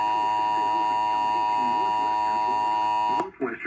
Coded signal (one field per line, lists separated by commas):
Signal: Emergency Alert System (SAME) tones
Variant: 853 and 960 Hz attention tone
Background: speech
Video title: (ARCHIVED) Why Louisiana?! EAS alerts #11-20 from 4/15/2023